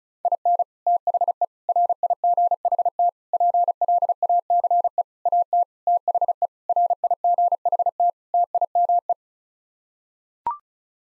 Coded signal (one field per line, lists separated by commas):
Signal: Morse code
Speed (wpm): 34 wpm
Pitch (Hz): 700 Hz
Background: none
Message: IN THE RIGHT PLACE AT THE RIGHT TIME